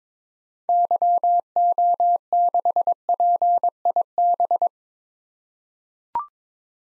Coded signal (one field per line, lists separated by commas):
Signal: Morse code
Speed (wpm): 22 wpm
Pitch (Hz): 700 Hz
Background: none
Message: YO6PIB